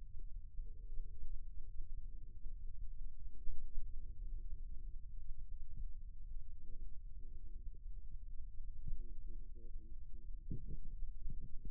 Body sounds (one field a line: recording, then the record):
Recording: forearm muscle sounds (acoustic myography)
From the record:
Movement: rest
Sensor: system 2, bracelet of six BSWA MPA416 microphones around the upper forearm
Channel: 1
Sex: male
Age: 22 years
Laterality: right